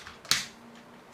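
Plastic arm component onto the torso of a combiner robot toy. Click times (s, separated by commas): 0.3 s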